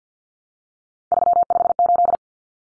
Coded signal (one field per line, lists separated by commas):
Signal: Morse code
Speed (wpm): 50 wpm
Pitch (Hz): 700 Hz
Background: none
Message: 358